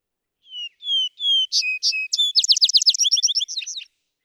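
Vesper sparrow song: three whistled notes, a few two-part notes, then a fast trill of slurred chirps that fades out.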